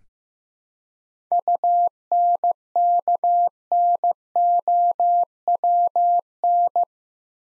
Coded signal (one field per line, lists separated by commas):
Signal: Morse code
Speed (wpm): 15 wpm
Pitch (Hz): 700 Hz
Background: none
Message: UNKNOWN